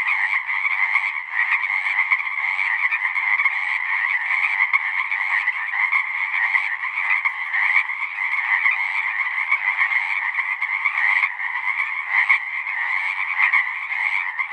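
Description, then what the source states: Pacific chorus frogs in a dense full chorus, many overlapping raspy croaks blending into a continuous pulsing wall of sound with no pauses. Full chorus after dusk; male advertisement calls used to attract females, a kree-eeck or ribbit.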